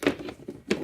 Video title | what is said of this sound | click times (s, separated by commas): Packing Models for a Model Horse Show: The Pony Lasagna Method! | container store or something it's got a nice little click on lid like | 0.1 s, 0.7 s